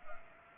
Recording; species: mosquito wingbeat signal from an infrared sensor; Culex pipiens